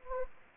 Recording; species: mosquito wingbeat signal from an infrared sensor; Anopheles gambiae